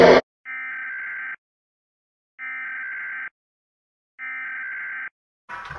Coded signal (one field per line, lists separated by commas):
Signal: Emergency Alert System (SAME) tones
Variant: header bursts